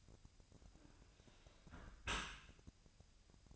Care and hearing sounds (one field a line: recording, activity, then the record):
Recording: daily activity, microphone in the room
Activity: close dishwasher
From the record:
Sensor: 2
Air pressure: 1003.0 hPa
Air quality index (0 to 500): 199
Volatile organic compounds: 6 ppm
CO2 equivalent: 1888 ppm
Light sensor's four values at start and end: 14/34/14/16 and 14/34/15/16